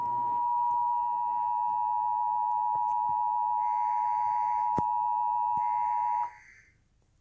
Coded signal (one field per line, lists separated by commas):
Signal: Emergency Alert System (SAME) tones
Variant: 853 and 960 Hz attention tone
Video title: EAS May 23rd 2020 Tornado Warning Kane County Illinois